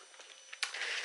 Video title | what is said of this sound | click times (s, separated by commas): Parrot Disco FPV Fixed Wing Plane Unboxing and Overview Video | and then you just slot this in until it clicks in | 0.6 s